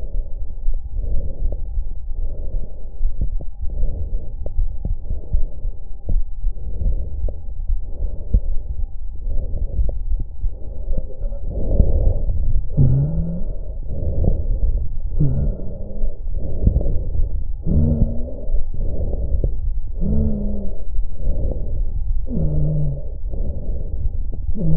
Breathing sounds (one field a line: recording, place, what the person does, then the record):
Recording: lung sounds by stethoscope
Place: left anterior apical chest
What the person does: quiet breathing, then deep breathing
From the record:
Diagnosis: interstitial lung disease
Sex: female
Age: 72 years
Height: 153 cm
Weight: 71 kg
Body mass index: 30.3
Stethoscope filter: extended mode